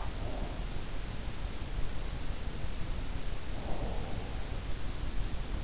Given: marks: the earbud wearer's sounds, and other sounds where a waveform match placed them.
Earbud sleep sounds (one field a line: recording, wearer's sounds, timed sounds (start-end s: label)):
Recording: sounds in sleep by an in-ear microphone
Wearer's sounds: breath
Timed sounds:
0.00-0.61 s: breath
3.65-4.45 s: breath